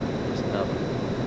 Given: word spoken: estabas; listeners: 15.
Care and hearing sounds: one Spanish word in noise, from a listening test; speech-shaped noise; -7.0 dB; 0 of 15; 13 of 15; 0.87 s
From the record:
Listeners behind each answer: 13, 1, 1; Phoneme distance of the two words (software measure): 7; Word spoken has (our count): 3 syllables, 7 phonemes, stress on syllable 2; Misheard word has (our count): 3 syllables, 6 phonemes, stress on syllable 2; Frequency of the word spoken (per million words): 9.77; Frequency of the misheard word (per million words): 613.58

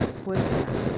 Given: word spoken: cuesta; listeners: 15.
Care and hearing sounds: one Spanish word in noise, from a listening test; noise modulated by three-talker babble; -7.7 dB; 4 of 15; 9 of 15; 0.58 s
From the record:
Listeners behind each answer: 9, 4, 2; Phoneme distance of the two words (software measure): 10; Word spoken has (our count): 2 syllables, 6 phonemes, stress on syllable 1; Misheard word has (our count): 2 syllables, 6 phonemes, stress on syllable 1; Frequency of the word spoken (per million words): 40.05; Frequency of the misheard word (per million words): 50.07

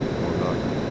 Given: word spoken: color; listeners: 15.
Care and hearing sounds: one Spanish word in noise, from a listening test; speech-shaped noise; -4.4 dB; 1 of 15; 6 of 15; 0.50 s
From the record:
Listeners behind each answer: 6, 2, 2, 1, 1, 1, 1, 1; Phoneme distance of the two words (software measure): 7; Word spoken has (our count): 2 syllables, 5 phonemes, stress on syllable 2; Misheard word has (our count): 2 syllables, 4 phonemes, stress on syllable 2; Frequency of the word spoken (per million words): 141.42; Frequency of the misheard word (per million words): 43.37

